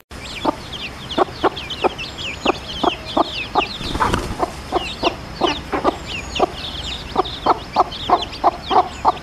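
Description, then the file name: Red junglefowl hen clucking rapidly in short low bursts, over busy high-pitched cheeping of chicks and a brief rustle. Wild hen calling her chicks. "Tieng ga mai rung goi con"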